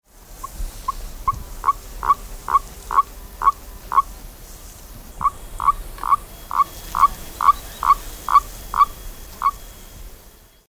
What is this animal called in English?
Common Toad